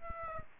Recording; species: mosquito wingbeat signal from an infrared sensor; Aedes aegypti